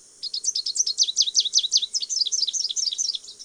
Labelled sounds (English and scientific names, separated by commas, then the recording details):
Rufous-capped Warbler (Basileuterus rufifrons) song
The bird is a male
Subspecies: salvini
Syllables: 34
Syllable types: 9
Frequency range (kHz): 3.1-8.2 kHz
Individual VN-WSR-M